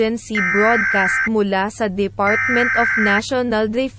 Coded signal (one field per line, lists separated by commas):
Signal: Emergency Alert System (SAME) tones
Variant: header bursts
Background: speech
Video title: Philippine EAS Scenario - Chinese Invasion on the Philippines